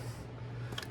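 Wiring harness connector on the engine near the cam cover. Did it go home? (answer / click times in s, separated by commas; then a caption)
released / 0.8 s. A locking tab is pulled back on a plastic engine wiring harness connector near the cam cover, and the back end is pushed to release the latch, over a steady low hum. A sharp click at 0.8 s, followed by a softer one just after, marks the lock opening, and the plug pops right off.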